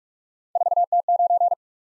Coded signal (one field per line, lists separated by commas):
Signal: Morse code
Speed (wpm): 44 wpm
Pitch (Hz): 700 Hz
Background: none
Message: 4T9